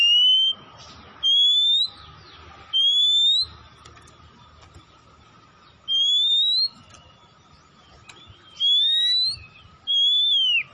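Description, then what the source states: Oriental magpie-robin song of loud, rising whistled notes repeated at irregular intervals, over a faint continuous hum. Kacer from Tretes, singing vigorously (gacor).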